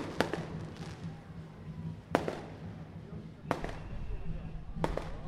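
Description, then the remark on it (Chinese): Sharp bursts from fireworks shells that break into smaller bursts crack out every second or so at a New Year celebration, some big booms followed by smaller crackling pops, over a steady background rumble with faint murmuring voices. “这个烟火母子弹，你看它那个大颗的爆炸，又还有小颗的这样爆发出来。”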